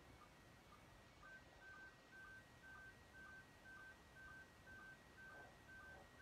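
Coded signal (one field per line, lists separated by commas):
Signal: SSTV (slow-scan television)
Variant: PD120 mode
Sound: steady alternating two-pitch tone with faint short low blips about twice a second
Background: radio static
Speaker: c'est clair là il y a 100 Diagon 9 plus 40 fois réception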